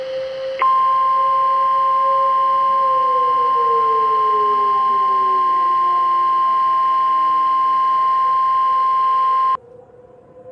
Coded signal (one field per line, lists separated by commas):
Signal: Emergency Alert System (SAME) tones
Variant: 1050 Hz attention tone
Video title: EAS Mock - Long Island Tornadoes Nov 13 20